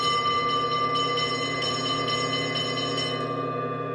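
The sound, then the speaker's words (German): A steady, sustained bell tone rings for the whole stretch, rich in layered overtones with one bright pitch standing out, holding at an even, fairly loud level without fading. “Ein Glockenton zerriss den Tumult.”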